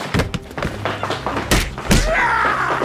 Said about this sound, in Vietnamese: Chỉ vài giờ sau, Oswald được đưa xuống tầng hầm của trụ sở cảnh sát bằng thang máy. Một lần nữa, tiếng súng đã vang lên.